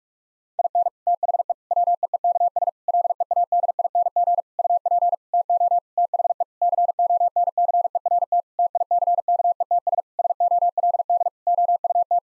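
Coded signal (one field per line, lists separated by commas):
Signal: Morse code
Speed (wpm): 46 wpm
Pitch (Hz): 700 Hz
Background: none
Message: IN THE WEEKS LEADING UP TO THE CONCERT TICKETS SOLD OUT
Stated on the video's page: Morse practice of sentences with common six-word phrases at 45 wpm, each sent twice.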